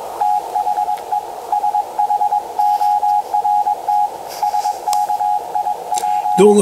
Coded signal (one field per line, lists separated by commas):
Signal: Morse code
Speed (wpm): 21 wpm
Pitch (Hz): 830 Hz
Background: speech, radio noise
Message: THE SHORT SKIP